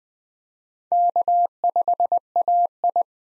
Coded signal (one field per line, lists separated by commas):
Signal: Morse code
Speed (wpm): 21 wpm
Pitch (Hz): 700 Hz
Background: none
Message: K5AI